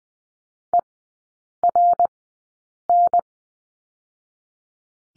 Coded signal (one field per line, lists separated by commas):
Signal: Morse code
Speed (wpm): 20 wpm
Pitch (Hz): 700 Hz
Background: none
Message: ERN